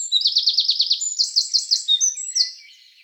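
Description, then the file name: Eurasian wren song, a loud high-pitched run of rapid trills and sharp notes, one fast rattling trill followed by a second, higher trill and clear whistled notes, ending quietly. "Troglodytes troglodytes"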